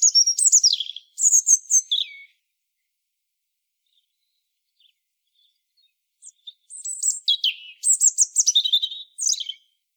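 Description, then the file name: European robin song: a rapid, tinkling high phrase, a four-second silence, then a longer jumbled warble with descending slurred notes. "Erithacus rubecula"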